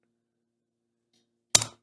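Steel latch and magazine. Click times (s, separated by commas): 1.6 s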